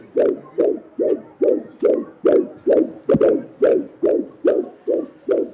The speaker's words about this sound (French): Laissez-moi vous faire entendre l'enregistrement sur magnétophone des battements de cœur d'un fœtus de 8 semaines et 2 jours.